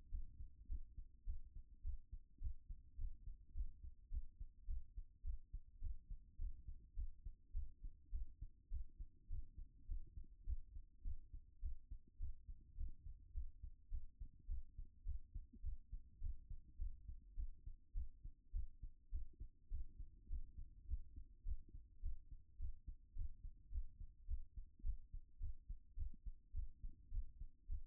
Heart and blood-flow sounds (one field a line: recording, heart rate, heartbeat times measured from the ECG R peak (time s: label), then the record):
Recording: heart sounds by stethoscope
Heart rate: 104 bpm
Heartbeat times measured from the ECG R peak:
0.09 s: heartbeat
0.67 s: heartbeat
1.25 s: heartbeat
1.82 s: heartbeat
2.39 s: heartbeat
2.96 s: heartbeat
3.52 s: heartbeat
4.09 s: heartbeat
4.65 s: heartbeat
5.22 s: heartbeat
5.79 s: heartbeat
6.36 s: heartbeat
6.94 s: heartbeat
7.52 s: heartbeat
8.10 s: heartbeat
8.69 s: heartbeat
9.27 s: heartbeat
9.86 s: heartbeat
10.44 s: heartbeat
11.02 s: heartbeat
11.60 s: heartbeat
12.18 s: heartbeat
12.75 s: heartbeat
13.32 s: heartbeat
13.89 s: heartbeat
14.46 s: heartbeat
15.03 s: heartbeat
15.61 s: heartbeat
16.19 s: heartbeat
16.77 s: heartbeat
17.35 s: heartbeat
17.93 s: heartbeat
18.51 s: heartbeat
19.10 s: heartbeat
19.69 s: heartbeat
20.28 s: heartbeat
20.86 s: heartbeat
21.43 s: heartbeat
22.00 s: heartbeat
22.57 s: heartbeat
23.14 s: heartbeat
23.70 s: heartbeat
24.26 s: heartbeat
24.82 s: heartbeat
25.38 s: heartbeat
25.95 s: heartbeat
26.52 s: heartbeat
27.09 s: heartbeat
27.67 s: heartbeat
From the record:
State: after exercise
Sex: female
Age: 50 years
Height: 170 cm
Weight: 70 kg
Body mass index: 24.22